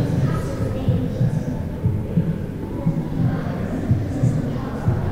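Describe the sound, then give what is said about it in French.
A soft maternal heartbeat sound, played in an exhibition on reproduction at the Natural History Museum of Basel, thumps in a steady, muffled rhythm, low and deep, over a constant low hum that fills the background. “Des bruits doux de battement du cœur de la mère qu'on va suivre pour changer de zone dans cette expo consacrée à la reproduction au musée d'histoire naturelle de Bâle.”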